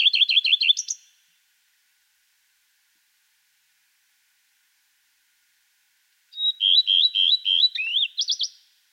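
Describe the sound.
Common redstart singing: the tail of one strophe, several seconds of silence, then a new verse of a high note, repeated fluty phrases and a rising flourish.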